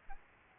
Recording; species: mosquito wingbeat signal from an infrared sensor; Aedes albopictus